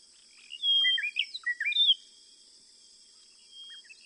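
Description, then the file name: White-browed robin-chat singing a short phrase of loud, liquid whistles that rise and fall and end abruptly. A faint later note is set against a constant high background hum. "White browed Robin Chat Cossypha heuglini"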